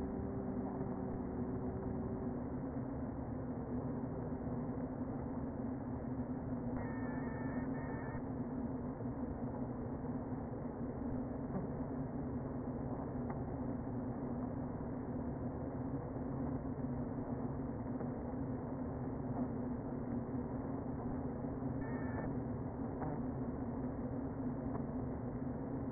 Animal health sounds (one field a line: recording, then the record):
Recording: honeybee colony, microphone inside the hive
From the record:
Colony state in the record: queen present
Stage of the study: before two queens were removed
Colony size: about 60,000 bees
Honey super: yes